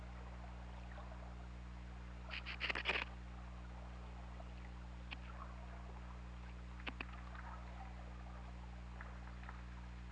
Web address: Pm OL Orca Lab UTLN JASON 20180216 194226